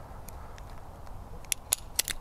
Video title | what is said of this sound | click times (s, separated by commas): How to Pick Tree Rigging Gear - TreeStuff | and it has that audible click so the omni block is a great | 2.0 s